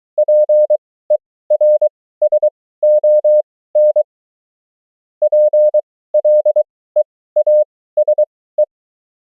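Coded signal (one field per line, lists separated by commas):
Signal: Morse code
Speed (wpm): 23 wpm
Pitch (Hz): 600 Hz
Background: none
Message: PERSON PLEASE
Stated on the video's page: Morse training drill of the 500 most common amateur QSO words, abbreviations and prosigns, 20 wpm effective speed with 23 wpm character speed.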